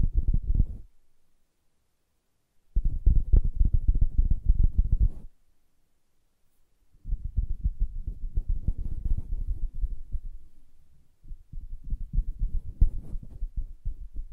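Soft fabric surface being tapped and scratched in dense bursts of rapid, muffled, low thumps and rustles. Four stretches of activity alternate with near-silent pauses: roughly 0–1 s, 3–5 s, 7–11 s and 11–14 s, the later ones slightly quieter and brighter.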